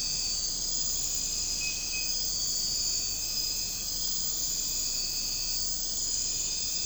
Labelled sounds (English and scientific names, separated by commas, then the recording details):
none
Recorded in secondary vegetation near Puerto Asís, Putumayo, Colombia, on 13 March 2025 at 01:30
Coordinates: 0.502, -76.326
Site G100